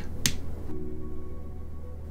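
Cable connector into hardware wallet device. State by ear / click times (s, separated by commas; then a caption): seated / 0.3 s. A cable connector is pushed into a small plastic Ledger Nano S Plus hardware wallet, giving one sharp, loud click at 0.3 s over a low steady hum, and faint sustained tones continue afterward. The connector is seated.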